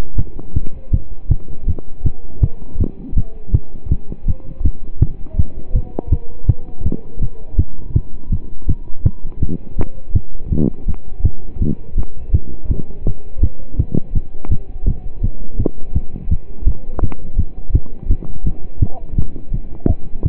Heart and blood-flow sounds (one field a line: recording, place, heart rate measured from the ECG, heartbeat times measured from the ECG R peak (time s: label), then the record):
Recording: heart sounds by stethoscope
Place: between the tricuspid and mitral areas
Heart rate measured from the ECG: 164 bpm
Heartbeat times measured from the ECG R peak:
0.17 s: heartbeat
0.55 s: heartbeat
0.92 s: heartbeat
1.30 s: heartbeat
1.67 s: heartbeat
2.05 s: heartbeat
2.42 s: heartbeat
2.79 s: heartbeat
3.16 s: heartbeat
3.53 s: heartbeat
3.90 s: heartbeat
4.27 s: heartbeat
4.64 s: heartbeat
5.01 s: heartbeat
5.38 s: heartbeat
5.74 s: heartbeat
6.11 s: heartbeat
6.48 s: heartbeat
6.85 s: heartbeat
7.21 s: heartbeat
7.58 s: heartbeat
7.95 s: heartbeat
8.31 s: heartbeat
8.68 s: heartbeat
9.05 s: heartbeat
9.41 s: heartbeat
9.78 s: heartbeat
10.14 s: heartbeat
10.51 s: heartbeat
10.87 s: heartbeat
11.24 s: heartbeat
11.61 s: heartbeat
11.97 s: heartbeat
12.33 s: heartbeat
12.70 s: heartbeat
13.06 s: heartbeat
13.42 s: heartbeat
13.78 s: heartbeat
14.14 s: heartbeat
14.50 s: heartbeat
14.86 s: heartbeat
15.22 s: heartbeat
15.59 s: heartbeat
15.94 s: heartbeat
16.30 s: heartbeat
16.67 s: heartbeat
17.02 s: heartbeat
17.38 s: heartbeat
17.74 s: heartbeat
18.10 s: heartbeat
18.45 s: heartbeat
18.81 s: heartbeat
19.17 s: heartbeat
19.53 s: heartbeat
19.89 s: heartbeat
20.24 s: heartbeat
From the record:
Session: pedaling a stationary bicycle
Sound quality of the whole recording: partially saturated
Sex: male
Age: 27 years